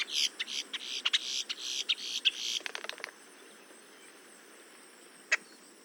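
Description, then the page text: Boat-tailed grackle chatter: a rapid string of harsh, grating notes for about three seconds, closing with a dry rattle, then quiet apart from one sharp click. "Paul Marvin - Лодкохвостый гракл (Quiscalus major)"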